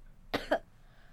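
A woman with a cold coughs twice in quick succession; she has been coughing constantly with the cold.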